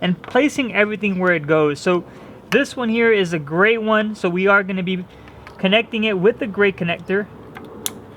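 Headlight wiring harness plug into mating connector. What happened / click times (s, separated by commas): The wiring connector snapped together / 7.9 s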